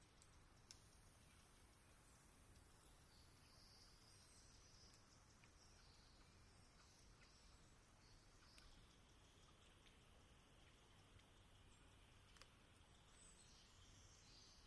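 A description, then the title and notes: Dawn in a forest on a ridge, with a steady low rumble, likely rivers, under everything. Faint birdsong drifts in high and thin throughout, with a few sharp clicks or calls popping out near the start, middle and end. Twilight, Dawn, and Sunrise in the Olympic National Forest, on Rugged Ridge near Sitkum and Calawah Rivers. Species include: Western Screech Owl, Varied Thursh, Pacific Wren, American Robin. It rained last night and the moss-covered trees are still dripping in in the early light.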